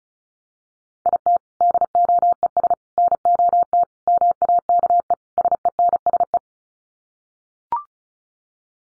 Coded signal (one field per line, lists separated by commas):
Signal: Morse code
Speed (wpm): 34 wpm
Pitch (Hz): 700 Hz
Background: none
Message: IT DOES NOT MAKE SENSE